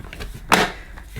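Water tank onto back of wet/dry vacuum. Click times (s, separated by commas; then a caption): 0.5 s. A plastic fresh water tank is fitted onto the back of a Kärcher SE 4001 multifunction wet/dry vacuum cleaner. A few faint taps come first, then a sharp, bright click at 0.5 s as the tank clicks firmly into place, followed by quieter handling noise.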